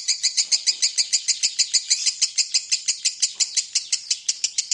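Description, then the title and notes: Lovebird song: sharp, high chattering notes repeated rapidly in an even, pulsing series. Lovebird in ngekek song style, a long continuous chattering song used as a lure song (kicau pancingan). "suara Lovebird ngekek, kicau pancingan"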